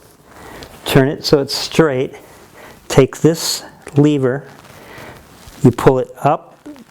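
Someone talks while handling the handlebar stem clamp lever on a folding bicycle stem, straightening the stem and pulling the quick-release lever up, with a few faint handling noises near the end. The clip stops before the lever locks into place, so nothing has seated or clicked yet.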